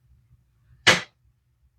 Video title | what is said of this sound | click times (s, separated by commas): PRESSURE CANNING: Raw Packed "Heavy Seasoned" Chicken Legs | Hear that snap? You know it's closed. | 0.9 s